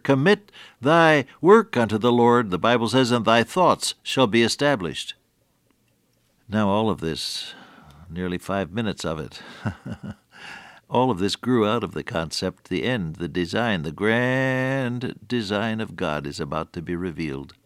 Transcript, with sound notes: “Commit thy work unto the Lord,” the Bible says, “And thy thoughts shall be established.” Now, all of this nearly five minutes of it. [chuckle] Oh, this grew out of the concept, the end, the design, the grand design of God, is about to be revealed.